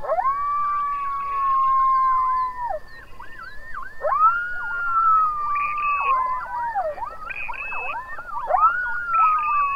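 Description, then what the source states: Coyotes howling in a group chorus, long sliding wails overlapped by wavering yips and quavering yelps rising and falling throughout. Coyotes recorded on 21 June 2007 at 04:20.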